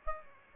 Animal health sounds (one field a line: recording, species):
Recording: mosquito wingbeat signal from an infrared sensor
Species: Aedes aegypti